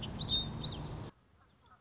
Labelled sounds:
Common Yellowthroat (Geothlypis trichas)
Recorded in Sonoma County, California

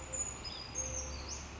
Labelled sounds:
Brown Creeper (Certhia americana)
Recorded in Sonoma County, California

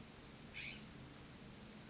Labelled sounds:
California Scrub-Jay (Aphelocoma californica)
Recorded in Sonoma County, California

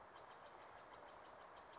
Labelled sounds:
Steller's Jay (Cyanocitta stelleri)
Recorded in Sonoma County, California

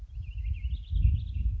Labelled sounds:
American Robin (Turdus migratorius)
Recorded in Sonoma County, California

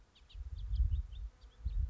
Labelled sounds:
House Finch (Haemorhous mexicanus)
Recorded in Sonoma County, California

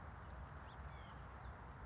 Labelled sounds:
House Finch (Haemorhous mexicanus)
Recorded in Sonoma County, California

